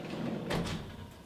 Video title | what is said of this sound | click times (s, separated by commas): How to Install & Remove Undermount Slide Drawers - Unihopper - DIY Home Improvement | grab the track push it in click you can give it a little push and that's it bingo done | 0.5 s